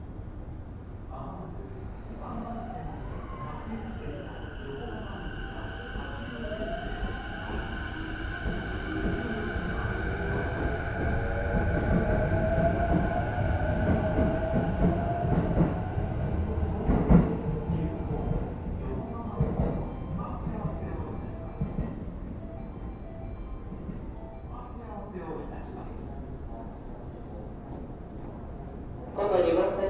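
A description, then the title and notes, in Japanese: A ride on a train, the deep rumble of the running carriage steady throughout and swelling toward the middle. Rising and falling motor whines sweep across from about five to fifteen seconds, a sharp knock lands near seventeen, and voices murmur underneath. 耳で楽しむ鉄道旅 武蔵小杉→二俣川→大和。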